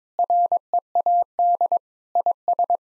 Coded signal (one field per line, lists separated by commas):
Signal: Morse code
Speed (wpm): 22 wpm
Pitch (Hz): 700 Hz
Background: none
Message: READ IS